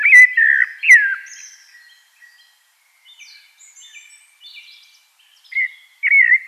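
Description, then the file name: Eurasian blackbird gives loud, flute-like slurred notes at the start, falls quiet apart from faint twittering, then resumes with more rich whistles. "Turdus merula"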